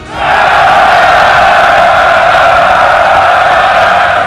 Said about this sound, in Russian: Раздался дружный крик, огласивший мощные стены города.